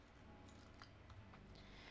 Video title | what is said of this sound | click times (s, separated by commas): I am WAISTing my time today with the Wing Proto ;) | this goes on underneath snaps right in here perfect then | 0.8 s